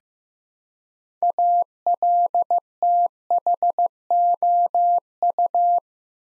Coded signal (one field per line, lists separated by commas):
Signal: Morse code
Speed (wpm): 15 wpm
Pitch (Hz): 700 Hz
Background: none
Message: ALTHOU